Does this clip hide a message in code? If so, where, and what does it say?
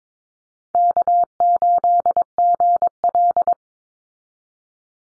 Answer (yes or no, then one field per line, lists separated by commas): yes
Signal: Morse code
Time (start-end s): 0.8-3.5 s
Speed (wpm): 22 wpm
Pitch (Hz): 700 Hz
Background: none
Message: K8GL